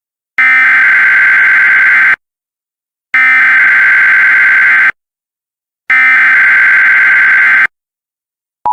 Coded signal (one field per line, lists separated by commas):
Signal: Emergency Alert System (SAME) tones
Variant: header bursts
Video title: EAS Scenario - Omega